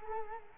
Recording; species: mosquito wingbeat signal from an infrared sensor; Culex quinquefasciatus